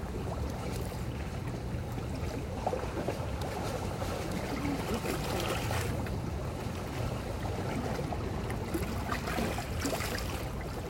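River water laps against a recessed slope of the embankment at night. The sound is a steady, dense wash of low churning water with soft splashes and slaps scattered throughout, and a faint hum of traffic underneath.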